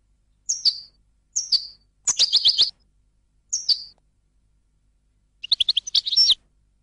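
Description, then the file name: European goldfinch: sharp, descending high notes and a short tinkling twitter, then, after a gap, a final rapid burst. "audio burung goldfinch"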